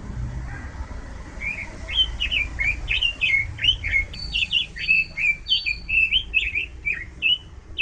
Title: lengkap manok